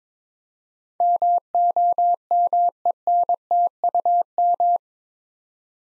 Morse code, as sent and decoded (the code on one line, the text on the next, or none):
-- --- -- . -. - ..- --
MOMENTUM